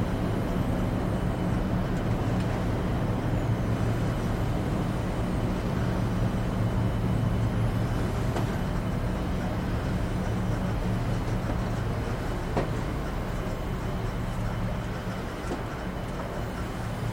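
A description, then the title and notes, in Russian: A steady, enclosed cabin hum fills the whole clip, aboard a space shuttle, dominated by a deep low drone with a few sustained tones layered over it. The level stays constant throughout, with a few faint clicks or ticks near eight, twelve and fifteen seconds. Атмосфера Кабины Шаттла. В этом выпуске вы почувствуете нежное гудение и мягкие звуковые сигналы шаттла. Самые спокойные и атмосферные звуки на борту космического шаттла.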